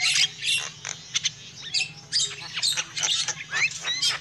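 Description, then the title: Lovebird calls, sharp high squeaks and short rising whistles in uneven bursts, with a low steady hum beneath. Lure call used for trapping lovebirds. "PIKAT BURUNG LOVEBIRD"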